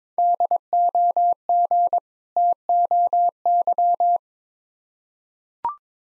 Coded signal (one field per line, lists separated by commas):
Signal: Morse code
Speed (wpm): 21 wpm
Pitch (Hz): 700 Hz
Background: none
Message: DOG TOY